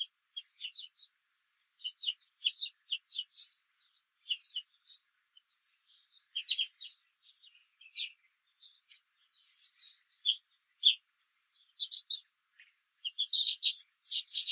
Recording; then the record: young laying hens in a cage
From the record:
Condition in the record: control cage, after the stress test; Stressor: none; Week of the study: 4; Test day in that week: 1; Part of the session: 2